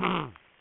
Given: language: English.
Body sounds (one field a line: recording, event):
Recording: throat vibration sensor signal played as sound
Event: throat clearing